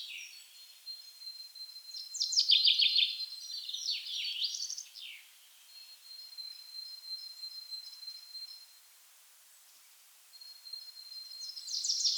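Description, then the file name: Common chaffinch song, a bright descending rattle of notes with a terminal flourish, over a thin steady whistle; a second song begins near the end. "Fringilla coelebs"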